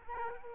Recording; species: mosquito wingbeat signal from an infrared sensor; Aedes albopictus